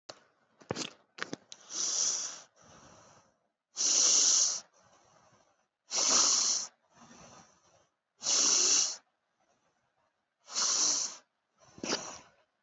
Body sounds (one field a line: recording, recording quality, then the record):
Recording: deep breathing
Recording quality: excellent, no background noise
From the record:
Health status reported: healthy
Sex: female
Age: 63 years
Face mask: not worn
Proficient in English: yes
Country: India